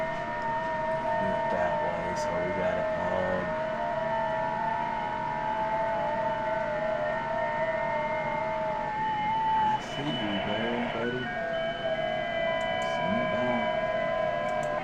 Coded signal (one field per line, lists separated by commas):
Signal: FT8